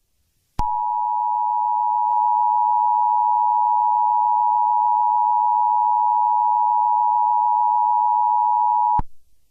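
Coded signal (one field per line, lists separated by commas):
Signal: Emergency Alert System (SAME) tones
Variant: 853 and 960 Hz attention tone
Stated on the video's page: Fake, hypothetical EAS scenario of a tornado outbreak with a tornado hitting a beach.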